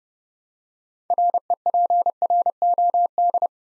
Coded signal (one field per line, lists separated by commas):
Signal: Morse code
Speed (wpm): 30 wpm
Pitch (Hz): 700 Hz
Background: none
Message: REPROD